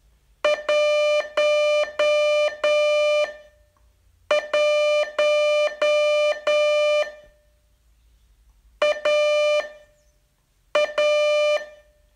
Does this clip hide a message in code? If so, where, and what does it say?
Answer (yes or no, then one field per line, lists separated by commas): yes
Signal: Morse code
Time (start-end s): 0.4-11.6 s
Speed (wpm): 10 wpm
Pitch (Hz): 600 Hz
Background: none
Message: 1 1 A A